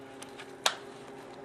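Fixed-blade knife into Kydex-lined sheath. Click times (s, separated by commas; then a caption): 0.7 s. A fixed-blade knife is pushed into the Kydex inner liner of its sheath, which holds the knife in firmly. A faint tick at 0.2 s is followed by one sharp, solid click at 0.7 s and another faint tick at 1.4 s. The knife seats and is retained in the liner.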